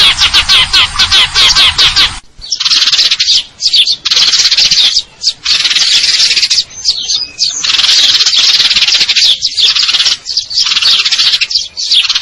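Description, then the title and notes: Eurasian tree sparrow: a coarser, broader burst of notes in the first two seconds, then long high trills of fast chirps split by short pauses. Fighting call with long trills; clear-sound masteran training recording for contest birds. "GEREJA TARUNG NEMBAK PANJANG SUARA JERNIH MASTERAN WAJIB BURUNG LOMBA. Burung Gereja"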